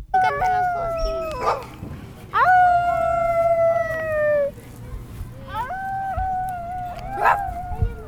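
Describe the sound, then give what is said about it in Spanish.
Several children's voices imitate howling, with long, wavering wails that slide downward in pitch, overlapping and rising in bursts, the loudest howl sustained for about two seconds. “Había una vez unos niños que se encontraron y de repente empezaron a aullar y empezaron a alejarse porque les dimos miedo.”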